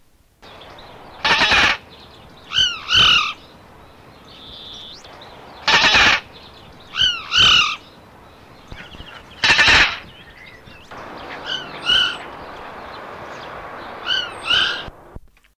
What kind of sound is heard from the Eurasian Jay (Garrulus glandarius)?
call